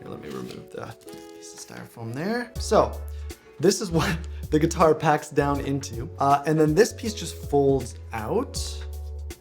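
Someone talks over background music while handling a Mogabi travel guitar, removing a piece of Styrofoam and showing how the guitar packs down, then folding out a section meant to lock into its open position. Nothing has seated or clicked yet; the clip ends before the folding section locks in place.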